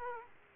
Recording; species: mosquito wingbeat signal from an infrared sensor; Aedes aegypti